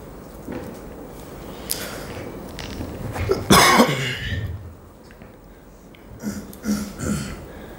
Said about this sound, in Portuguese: Vão dizer que o Exu tá tossindo.